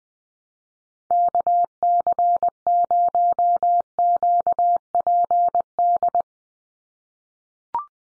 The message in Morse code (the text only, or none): KC0QPD